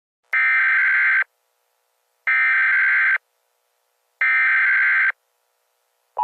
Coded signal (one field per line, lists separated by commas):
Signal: Emergency Alert System (SAME) tones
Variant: header bursts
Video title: EAS Scenario: Florida Weather Disaster